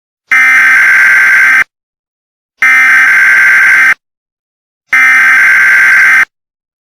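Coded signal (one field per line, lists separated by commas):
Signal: Emergency Alert System (SAME) tones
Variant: header bursts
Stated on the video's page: EAS alarm from the film John Wick.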